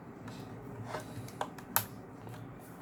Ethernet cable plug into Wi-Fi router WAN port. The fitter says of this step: like this you hear a click